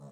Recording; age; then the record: pig call; piglet (1 to 25 days)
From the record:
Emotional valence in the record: negative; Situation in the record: short isolation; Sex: female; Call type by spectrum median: low-frequency call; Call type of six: low-frequency stable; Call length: 0.12 s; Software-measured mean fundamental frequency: 71 Hz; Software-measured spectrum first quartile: 159 Hz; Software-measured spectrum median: 283 Hz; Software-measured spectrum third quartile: 764 Hz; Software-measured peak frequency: 143 Hz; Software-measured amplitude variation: 50 dB a second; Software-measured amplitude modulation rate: 4.3 a second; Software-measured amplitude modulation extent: 11.8 dB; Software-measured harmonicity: 3.3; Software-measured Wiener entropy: -0.35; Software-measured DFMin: 1257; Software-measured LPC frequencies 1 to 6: 4044, 5445, 6739, 7647, 8531, 9386 Hz